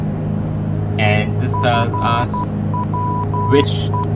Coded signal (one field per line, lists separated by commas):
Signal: Morse code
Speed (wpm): 12 wpm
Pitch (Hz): 990 Hz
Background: speech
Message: FWE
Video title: Piper PA-23 Aztec VFR Flight / Radio Navigation Tutorial Part 2